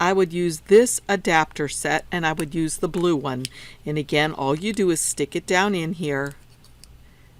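Someone talks while a Silhouette sketch pen is pushed down into the blue plastic pen adapter from an adapter set, for a Cameo 4 or Portrait 3 cutting plotter. After the talking stops, faint small handling ticks are heard near 6.6 s and 6.8 s. The pen has not clicked or seated in the adapter yet.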